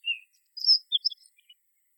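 Bluethroat song fragment: a short whistle, a brief buzzy high phrase and a few quick chirps lasting about two seconds.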